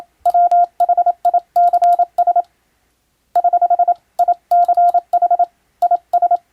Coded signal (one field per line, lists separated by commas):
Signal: Morse code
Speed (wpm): 27 wpm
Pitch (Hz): 700 Hz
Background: none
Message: WHICS <HH> ICH IS